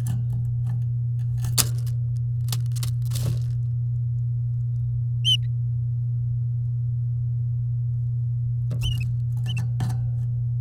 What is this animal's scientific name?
Serinus canaria